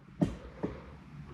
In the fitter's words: is that extra click hear it